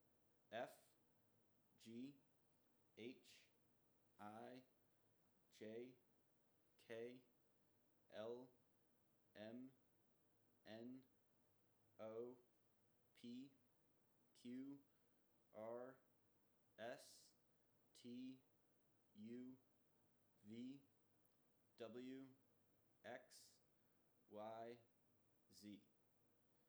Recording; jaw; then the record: letters of the alphabet, spoken; free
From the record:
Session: first day, before the bite bar